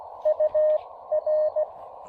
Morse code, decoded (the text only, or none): UR